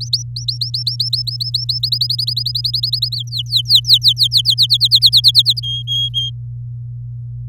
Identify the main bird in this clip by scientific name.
Serinus canaria